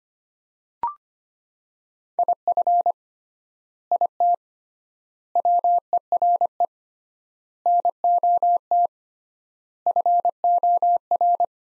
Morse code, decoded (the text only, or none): IF IT WERE NOT FOR